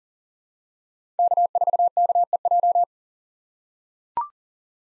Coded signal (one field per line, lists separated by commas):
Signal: Morse code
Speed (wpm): 40 wpm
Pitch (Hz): 700 Hz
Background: none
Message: K4KEJ